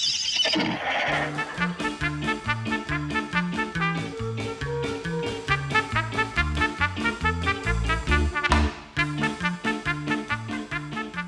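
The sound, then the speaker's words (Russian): A shrill horse whinny opens, followed by steady, rhythmic galloping hoofbeats as riders gallop at full speed along garden paths, under a bouncy, tonal musical accompaniment that keeps up to the end. “Всадники пустились скакать во всю прыть по дорожкам сада.”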